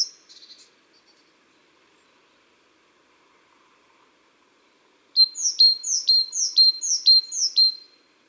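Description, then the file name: Great tit song: after a few faint high notes and a long quiet gap, a bright two-note phrase repeats about five times in quick succession, high then dropping. "Parus major"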